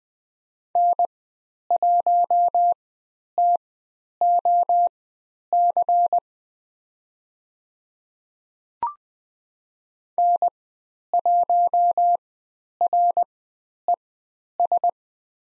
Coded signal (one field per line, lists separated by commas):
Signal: Morse code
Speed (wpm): 20 wpm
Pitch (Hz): 700 Hz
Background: none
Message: N1TOC N1RES